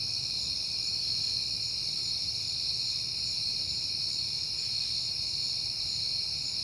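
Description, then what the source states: Crickets: a chorus ringing as an unbroken high-pitched trill, layered and constant throughout, over a soft low hum. Crickets on a peaceful night in September.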